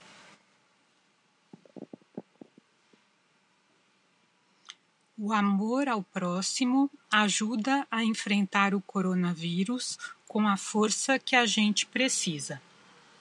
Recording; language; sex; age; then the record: spoken sentence; Brazilian Portuguese; female; 40 to 49 years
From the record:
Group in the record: control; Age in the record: 49 years